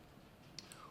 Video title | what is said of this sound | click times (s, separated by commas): Young Nails Live - Gift Wrap Your Clients Nails with Synergy Gel - (Recorded Earlier) | so that you get at least three two to three solid clicks um | 0.6 s, 0.7 s